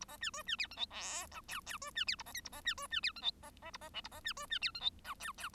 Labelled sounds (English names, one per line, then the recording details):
Bengalese Finch song
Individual Bird1